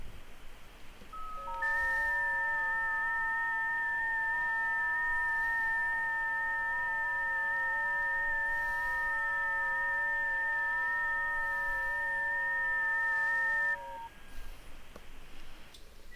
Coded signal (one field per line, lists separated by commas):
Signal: FT8